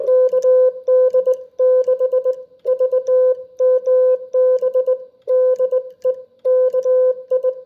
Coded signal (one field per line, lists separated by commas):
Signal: Morse code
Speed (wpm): 18 wpm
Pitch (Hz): 510 Hz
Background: none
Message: KD6 VMB DE KI